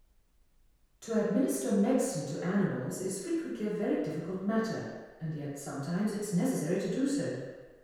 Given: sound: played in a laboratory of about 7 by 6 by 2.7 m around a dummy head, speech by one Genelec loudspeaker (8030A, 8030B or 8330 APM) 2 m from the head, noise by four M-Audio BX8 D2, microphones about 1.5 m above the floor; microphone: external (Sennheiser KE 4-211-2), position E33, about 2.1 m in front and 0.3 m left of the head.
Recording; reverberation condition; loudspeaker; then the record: female speech in English; high; behind (180 degrees)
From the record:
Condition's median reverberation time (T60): about 1300 ms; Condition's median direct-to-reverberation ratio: about -4.0 dB